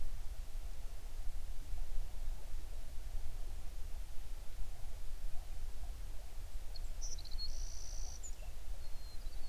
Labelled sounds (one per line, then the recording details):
songbird
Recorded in the Prudhoe Bay oil fields, Alaska, on 11 June 2019 at 05:42
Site 21